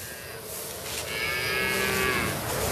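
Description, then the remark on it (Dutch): A Tauros bull gives a long, drawn-out moo that rises slightly in loudness and holds steady for a couple of seconds, with no talking over it. “Daarom heet hij ook touwros en geen oeros.”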